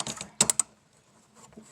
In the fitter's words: Alrighty, now I can put the lines on. Slide until it clicks.